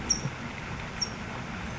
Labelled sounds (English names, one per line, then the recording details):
California Towhee
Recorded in Sonoma County, California